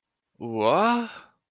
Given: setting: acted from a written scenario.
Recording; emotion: vocal sound without words; confusion